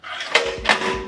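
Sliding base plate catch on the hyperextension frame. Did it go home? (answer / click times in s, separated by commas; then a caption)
yes / 0.4 s. The catch on the sliding base plate of a 45° hyperextension frame is pulled up, and the plate is slid forward or backward with its handle to suit the user. A sharp metallic clack at 0.35 s marks the catch locking the plate solidly into position, followed by a second similar clack near 0.7 s.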